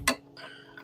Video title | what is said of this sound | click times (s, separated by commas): 2012-2018 Ford focus P07A3 - transmission friction element 'A' stock on. dual clutch kit replacement | you hear the click | 0.1 s